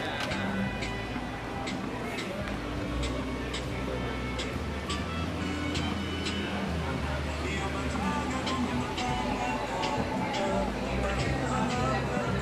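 A busy street scene on 5th Avenue in Playa Del Carmen: constant overlapping chatter, regular ticking clicks through the first half, low traffic rumble.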